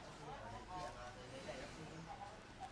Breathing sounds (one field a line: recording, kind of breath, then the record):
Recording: one breath in and out by a microphone near the nose and mouth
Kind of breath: deep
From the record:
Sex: male